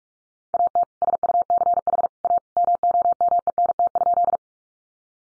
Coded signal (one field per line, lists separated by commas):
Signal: Morse code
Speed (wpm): 44 wpm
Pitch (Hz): 700 Hz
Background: none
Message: AT SUCH A MOMENT?